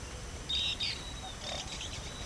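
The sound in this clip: Bird chirps: two quick bright high chirps close together, then a softer burst, over steady background hiss.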